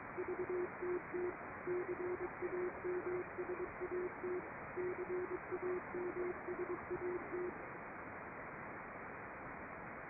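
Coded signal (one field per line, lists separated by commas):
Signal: Morse code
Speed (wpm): 21 wpm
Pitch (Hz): 360 Hz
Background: radio noise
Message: VTT CAMSAT CAMSAT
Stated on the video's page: Morse from XW amateur satellites received with a new 2 meter antenna.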